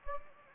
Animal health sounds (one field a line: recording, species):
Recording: mosquito wingbeat signal from an infrared sensor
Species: Anopheles gambiae